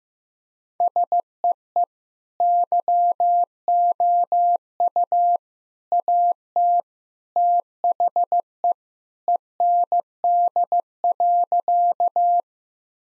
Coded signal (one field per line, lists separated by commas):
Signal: Morse code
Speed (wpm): 15 wpm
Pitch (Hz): 700 Hz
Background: none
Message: SEE YOU AT THE END.